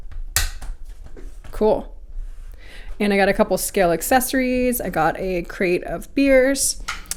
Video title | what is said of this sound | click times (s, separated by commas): Traxxas TRX4M Bronco: Review, Early Upgrades & Trail Run | just snaps into place | 0.4 s